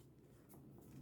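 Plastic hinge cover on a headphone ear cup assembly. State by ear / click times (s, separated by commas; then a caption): not seated / none. A plastic hinge cover is being lined up tab to tab with the top of an Audio-Technica ATH-M40X headphone ear cup and pushed on by hand. Only low, steady handling noise is heard, with faint soft rustles around 0.5 s and 0.8 s. Nothing has clicked into place yet.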